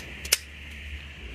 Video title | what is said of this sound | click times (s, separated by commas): H8 Phylian sonic electric toothbrush unboxing by Dr. Sarah | and it clicks back into place | 0.3 s